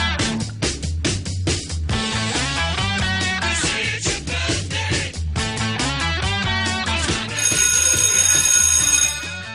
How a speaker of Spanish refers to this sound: Ahí empezó. Sonó de otra manera el timbre, ¿vio? No, es que cambiaron de operador por eso.